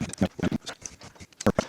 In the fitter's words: all snapped in place now I can screw that back down